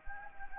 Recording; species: mosquito wingbeat signal from an infrared sensor; Anopheles gambiae